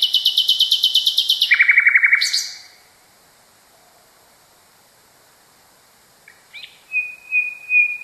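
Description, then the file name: Nightingale song: a fast, rattling trill of high repeated notes drops into a lower trill, then after a pause a few notes and a thin, sustained whistle. "kicauan nightingale. omkicau"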